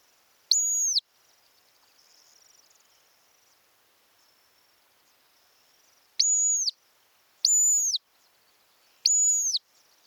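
Montagu's harrier sounding one high whistle, then after a long pause three more, each steady and about half a second long.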